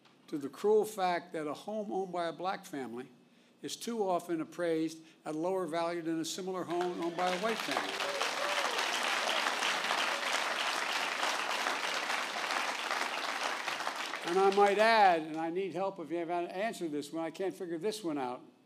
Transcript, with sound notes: to the cruel fact that a home owned by a Black family is too often appraised at a lower value than a similar home owned by a white family. (Applause.) And I might add—and I need help if you have an answer to this; I figure this one out,